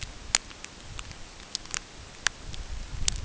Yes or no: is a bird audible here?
no